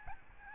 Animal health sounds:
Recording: mosquito wingbeat signal from an infrared sensor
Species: Aedes albopictus

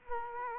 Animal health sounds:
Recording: mosquito wingbeat signal from an infrared sensor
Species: Culex quinquefasciatus

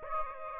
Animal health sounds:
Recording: mosquito wingbeat signal from an infrared sensor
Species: Aedes aegypti

